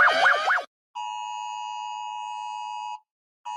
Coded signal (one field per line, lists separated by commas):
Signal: Emergency Alert System (SAME) tones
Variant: 853 and 960 Hz attention tone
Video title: When EAS Alarms complication 1